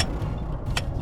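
A click-type torque wrench tightens a transmission oil pan bolt on the gearbox of a Mercedes SL R230 during its first gearbox service in 182K miles, done in the street. Over a steady low rumble, a brief sharp sound comes at 0.0 s, then the wrench gives a single crisp click at 0.8 s, confirming that the bolt has reached the set torque.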